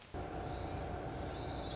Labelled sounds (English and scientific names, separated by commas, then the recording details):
Orange-crowned Warbler (Leiothlypis celata)
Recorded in Sonoma County, California